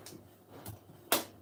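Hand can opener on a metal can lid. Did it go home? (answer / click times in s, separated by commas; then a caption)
yes / 1.1 s. A plastic hand can opener resting on a metal can lid is turned clockwise, with faint turning ticks near 0.1 and 0.7 s. A sharp, much louder click comes at 1.1 s, marking the end of the turn.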